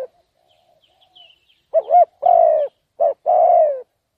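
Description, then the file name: Spotted dove coos after a quiet start: a doubled short note, a long falling coo, then a short and a long coo again. "tieng cu dat gay"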